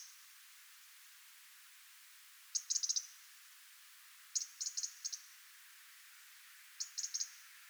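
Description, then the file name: European robin tick calls: three spaced bursts of sharp, high-pitched clicks, each bunched into quick stutters about two seconds apart. "Erithacus rubecula"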